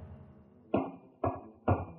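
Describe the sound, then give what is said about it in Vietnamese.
Three firm knocks on a room door, made by a daughter knocking on her mother's door, evenly spaced about half a second apart, each a sharp thud with a brief ring, over a faint low background hum. “Có tiếng gõ cửa phòng.”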